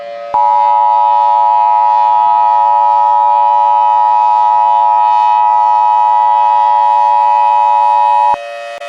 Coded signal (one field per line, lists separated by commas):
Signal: Emergency Alert System (SAME) tones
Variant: 853 and 960 Hz attention tone